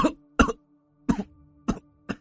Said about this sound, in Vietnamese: Người đàn ông ho lao, một tay đặt lên trên bàn, một tay ôm ngực rồi thở hắt ra ho khục khục mấy tiếng.